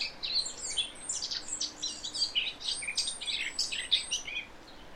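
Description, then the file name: Eurasian blackcap song: a continuous, fast, scratchy warble of high chattering and whistled notes, running unbroken through the whole stretch. "Sylvia atricapilla"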